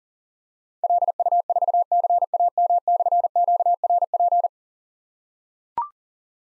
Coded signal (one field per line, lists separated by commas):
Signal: Morse code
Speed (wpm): 40 wpm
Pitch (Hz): 700 Hz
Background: none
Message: LU4CAM/QRP